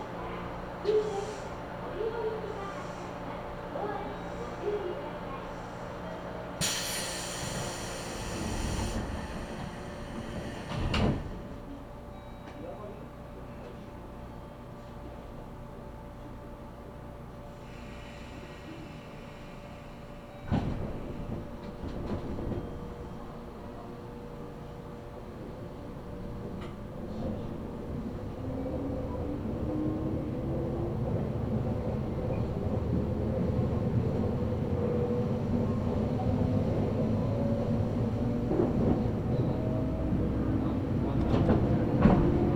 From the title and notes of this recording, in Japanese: 鹿児島本線・筑豊本線 九州工大前→折尾→本城。スペースワールド駅で特急を待避し折尾駅に到着します。